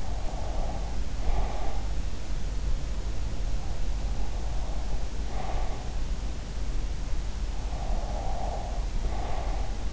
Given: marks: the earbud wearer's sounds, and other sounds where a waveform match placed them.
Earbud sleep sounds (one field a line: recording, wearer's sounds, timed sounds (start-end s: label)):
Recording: sounds in sleep by an in-ear microphone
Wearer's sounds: breath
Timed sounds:
0.00-1.82 s: breath
7.62-9.64 s: breath